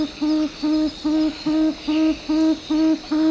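Tawny frogmouth giving deep, soft oom notes, repeated evenly, eight notes in a steady series.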